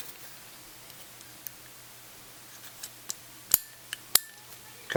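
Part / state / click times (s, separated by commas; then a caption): ejector or cylinder rod going back into a blank revolver frame / seated / 3.5 s, 4.2 s. After the spent blanks are pushed out, the metal ejector or cylinder rod of a ROHM Le Petit RG-56 / Little Joe 6mm .22 caliber blank revolver is pushed back into the frame. Faint ticks lead up to two sharp metallic clicks at 3.5 s and 4.2 s as the rod goes home and seats.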